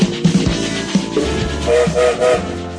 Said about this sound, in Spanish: Buenas noches, ustedes escucharon, sonó el silbato, ya estamos en marcha.